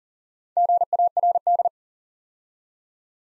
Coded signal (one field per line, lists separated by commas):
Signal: Morse code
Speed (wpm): 41 wpm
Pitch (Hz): 700 Hz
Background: none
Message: GARD